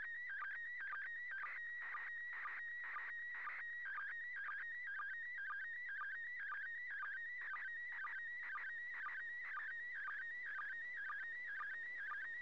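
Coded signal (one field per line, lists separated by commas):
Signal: SSTV (slow-scan television)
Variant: PD120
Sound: warbling, chirping tone shifting in pitch, with rapid regular clicks several times a second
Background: radio static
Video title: 31st second pass.Slow Scan Television(SSTV)images transmitted from the International Space Station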